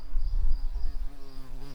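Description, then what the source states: Garden bumblebee buzzing, a deep, low droning hum with uneven loudness and a faint higher tone, continuous throughout. Queen.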